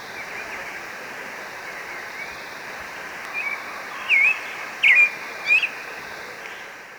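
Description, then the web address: Marañon thrush singing: after a quiet start, three or four short, clear whistled phrases come near the end, each slurring up and down, over a steady background hiss. Recorded in Ecuador. "Natures Songs S America Birds of Ecuador Marañon Thrush"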